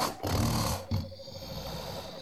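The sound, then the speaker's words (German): A loud, deep roaring call from a bird: one long rough burst followed by a shorter second one, then a lower, steadier rumble trailing off. No one speaks. “Aber Vögel, die so einen Sound drauf haben, finde ich auch grenzwertig.”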